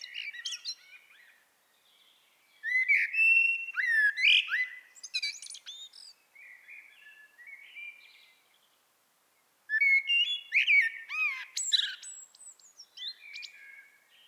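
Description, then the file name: Common blackbird singing several separate phrases, warm whistled warbles mixed with thin high squeaks and twitters, with short pauses between. "Turdus merula"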